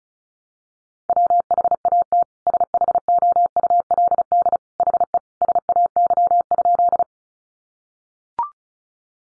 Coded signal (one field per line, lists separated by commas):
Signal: Morse code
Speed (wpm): 34 wpm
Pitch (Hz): 700 Hz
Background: none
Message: WHAT SHOULD HE SAY?